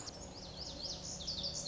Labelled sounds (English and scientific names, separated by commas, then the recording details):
Lazuli Bunting (Passerina amoena)
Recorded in Sonoma County, California